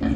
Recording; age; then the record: pig call; growing-finishing pig (85 days or more)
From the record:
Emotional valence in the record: negative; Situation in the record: barren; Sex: female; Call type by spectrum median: low-frequency call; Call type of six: low-frequency stable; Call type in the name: low-frequency stable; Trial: 1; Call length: 0.16 s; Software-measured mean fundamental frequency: 71 Hz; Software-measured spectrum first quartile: 156 Hz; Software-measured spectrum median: 254 Hz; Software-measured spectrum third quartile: 406 Hz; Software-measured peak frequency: 277 Hz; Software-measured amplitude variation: 134 dB a second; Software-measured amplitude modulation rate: 28.1 a second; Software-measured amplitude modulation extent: 4.8 dB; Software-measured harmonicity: 1.7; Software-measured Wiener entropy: -0.80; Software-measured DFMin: 715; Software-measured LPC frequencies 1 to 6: 281, 1756, 2384, 3238, 4026, 5069 Hz